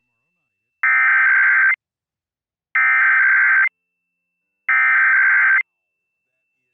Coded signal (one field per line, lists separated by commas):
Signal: Emergency Alert System (SAME) tones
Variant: header bursts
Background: speech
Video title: EAS of the Week 6-1-2019